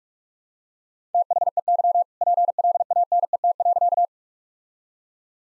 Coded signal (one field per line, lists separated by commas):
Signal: Morse code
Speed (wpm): 46 wpm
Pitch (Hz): 700 Hz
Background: none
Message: THEY PLANET.